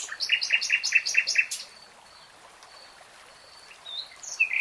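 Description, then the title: Nightingale singing a brisk series of loud repeated notes, then a quiet gap with faint high notes and a few sharp notes at the end. Real-time recording, three hours long. "[Tiếng chim hót] Nightingale Singing"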